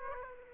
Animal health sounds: mosquito wingbeat signal from an infrared sensor; Aedes aegypti

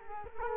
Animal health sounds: mosquito wingbeat signal from an infrared sensor; Culex quinquefasciatus

